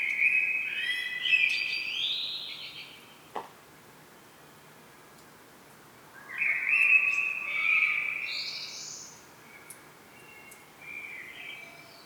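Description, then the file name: Common blackbird singing warbled phrases with squeaky high endings, with gaps between them, plus a brief sharp click and faint high ticks. "Turdus merula"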